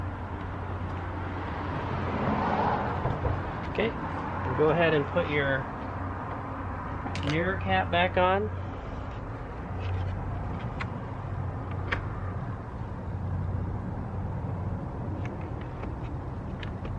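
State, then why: Seated. Someone talks while the blacked-out plastic mirror cap is pressed back onto the side mirror housing of an XA50 Toyota RAV4 (RAV4 Prime) SUV, after a High Flying blacked-out sequential LED mirror turn signal has been fitted. Sharp clicks sound at 11.9 s and 16.6 s as the cap snaps into place and seats.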